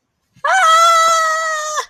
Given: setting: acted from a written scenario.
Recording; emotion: vocal sound without words; distress